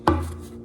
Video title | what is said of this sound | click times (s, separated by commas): Vanquish VS4-10 Portal Axle: Unboxing, Review and Comparison #vanquishproducts #vanquish #scalerc | Push there, it unlocks, | 0.1 s